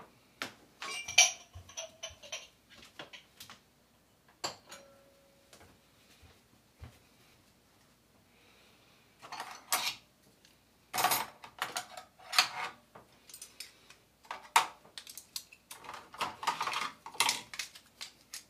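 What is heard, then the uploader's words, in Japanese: Dishwashing: irregular clatter of dishes and cutlery knocking together. Sharp clinks come in uneven bursts, busiest around the first two seconds and again from about ten seconds on, with a brief ringing tone near five seconds and quiet gaps between. 環境音 洗い物2。ひたすら洗います。ガチャガチャ鳴るかもしれないので。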